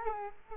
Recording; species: mosquito wingbeat signal from an infrared sensor; Culex quinquefasciatus